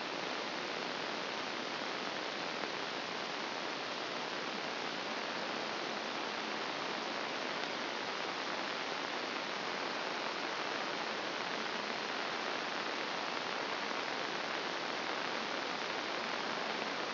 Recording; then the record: brain microelectrode recording played as sound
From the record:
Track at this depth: outside the subthalamic nucleus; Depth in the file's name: 1.039 mm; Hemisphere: left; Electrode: 2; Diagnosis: Parkinson's disease